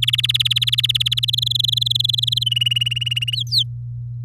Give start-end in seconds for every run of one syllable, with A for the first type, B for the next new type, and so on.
0.02-1.25 A, 1.28-2.44 B, 2.46-3.35 C, 3.37-3.63 D